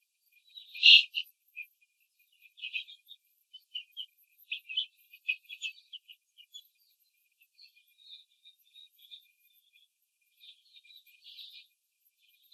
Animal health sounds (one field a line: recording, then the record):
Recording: young laying hens in a cage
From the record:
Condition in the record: control cage, before the stress test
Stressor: none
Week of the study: 4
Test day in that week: 3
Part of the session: 1